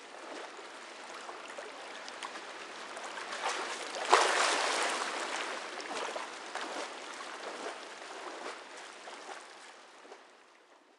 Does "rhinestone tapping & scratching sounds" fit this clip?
no